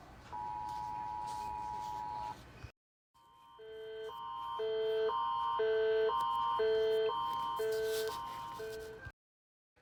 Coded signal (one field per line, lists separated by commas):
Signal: Emergency Alert System (SAME) tones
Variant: 853 and 960 Hz attention tone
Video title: EAS Alarms Part￼ 3￼